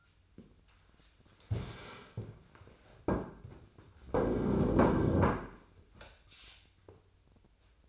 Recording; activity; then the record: daily activity, microphone in the room; stand up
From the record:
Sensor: 2